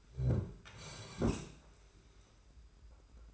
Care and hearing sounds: daily activity, microphone in the room; sit down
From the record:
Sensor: 2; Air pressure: 991.5 hPa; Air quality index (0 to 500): 181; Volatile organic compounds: 1000 ppm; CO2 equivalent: 5896 ppm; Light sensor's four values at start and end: 26/81/32/30 and 27/86/34/32

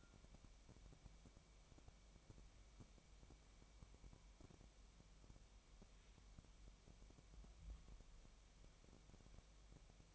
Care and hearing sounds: daily activity, microphone in the room; wipe stove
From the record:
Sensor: 1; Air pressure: 1003.3 hPa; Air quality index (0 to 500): 199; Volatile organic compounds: 6 ppm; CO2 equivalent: 1905 ppm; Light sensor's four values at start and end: 9/20/8/10 and 9/21/9/10

